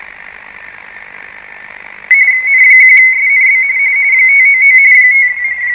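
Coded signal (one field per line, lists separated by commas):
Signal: RTTY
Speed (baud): 45.45 baud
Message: N1SNB 599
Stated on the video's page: Experimental reception of an RTTY digital signal on a DC (direct-conversion) radio.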